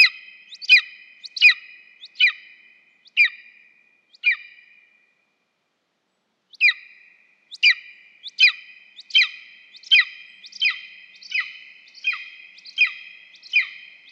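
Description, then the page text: Golden eagle yelping calls: clipped, ringing notes in quick series, a short pause midway, then a run of about ten evenly spaced yelps. Synevyr area, Ukraine. "Орел-беркут (Aquila chrysaetos)"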